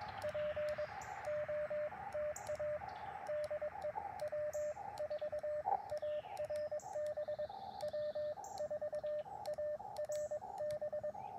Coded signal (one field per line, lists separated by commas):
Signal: Morse code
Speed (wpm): 22 wpm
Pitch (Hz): 600 Hz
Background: radio noise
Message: POTA DE W4ARB W4ARB